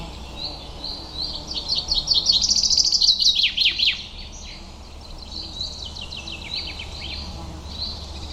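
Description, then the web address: Bird twittering: dense, fast, high-pitched chirps swell for a few seconds, then thin into softer scattered calls over a steady low hum. "Bird Only"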